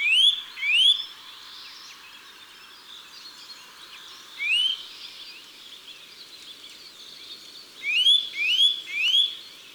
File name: Sitelle torchepot